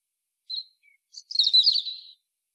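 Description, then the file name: European robin song: a soft high note and a faint thin slur, then a quick burst of tumbling, twittering warbles lasting under a second. "Erithacus rubecula"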